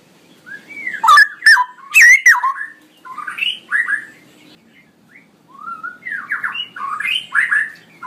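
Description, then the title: Straw-headed bulbul song, loud bubbling warbled phrases with sliding notes, then softer rolling phrases strung together. Male bird, singing constantly in a loud voice with long rolling phrases; recording meant for training other birds. "GILEEE Cucak ROWO Jantan GACOR Suara Lantang ROoo EL Panjang"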